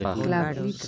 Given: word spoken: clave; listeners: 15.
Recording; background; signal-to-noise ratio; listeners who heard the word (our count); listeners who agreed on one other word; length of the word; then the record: one Spanish word in noise, from a listening test; four-talker babble; 0.9 dB; 0 of 15; 8 of 15; 0.48 s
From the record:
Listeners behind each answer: 8, 2, 1, 1, 1, 1, 1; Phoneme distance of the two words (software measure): 27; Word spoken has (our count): 2 syllables, 5 phonemes, stress on syllable 1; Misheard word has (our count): 2 syllables, 6 phonemes, stress on syllable 1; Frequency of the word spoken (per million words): 61.09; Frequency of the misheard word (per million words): 17.75